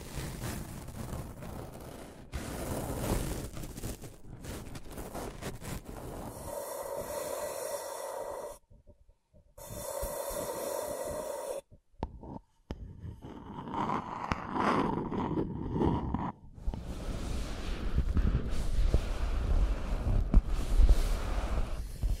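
Scratching and tracing sounds come in rough, hissing strokes broken by abrupt silences near nine and twelve seconds, then grow louder and grittier toward the end.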